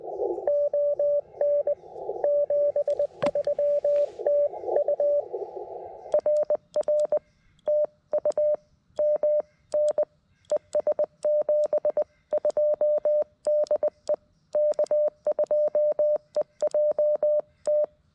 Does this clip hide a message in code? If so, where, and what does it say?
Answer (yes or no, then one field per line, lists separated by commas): yes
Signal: Morse code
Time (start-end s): 0.5-17.9 s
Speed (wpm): 20 wpm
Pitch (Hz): 590 Hz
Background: radio noise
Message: ON 73 TU RR TU MN ES 72 DE K2EJT